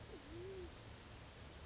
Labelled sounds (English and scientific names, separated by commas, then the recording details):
Band-tailed Pigeon (Patagioenas fasciata)
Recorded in Sonoma County, California